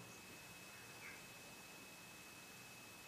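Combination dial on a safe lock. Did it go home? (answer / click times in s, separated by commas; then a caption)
no / none. The combination dial on a Sargent & Greenleaf 8500 manipulation-proof safe lock is turned clockwise back to zero, as this type of lock requires before the dial is pressed in to engage it. Only faint ticking is heard over a steady hiss and a thin high tone. Nothing has clicked or engaged yet.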